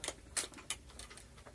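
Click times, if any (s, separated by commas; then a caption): none. A bassoon joint is pushed toward the adjoining joint's socket, where it should lock in place, giving a series of short, dry taps and knocks, the strongest around 0.4 s and 0.7 s. The attempt misses, so the joint has not locked in yet.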